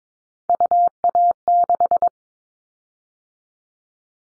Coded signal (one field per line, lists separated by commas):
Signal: Morse code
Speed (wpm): 22 wpm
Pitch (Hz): 700 Hz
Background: none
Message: UA6